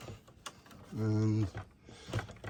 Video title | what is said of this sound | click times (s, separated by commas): ❄️ CHEAP AND EASY RV AIR CONDITIONER FILTER REPLACEMENT - Motorhome & Caravan Maintenance | that locks in place. | 0.5 s